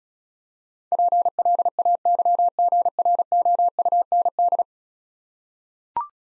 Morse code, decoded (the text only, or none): PLAYGROUND